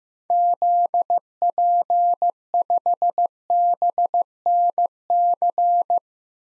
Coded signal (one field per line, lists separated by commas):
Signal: Morse code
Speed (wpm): 15 wpm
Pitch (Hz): 700 Hz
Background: none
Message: ZP5BNC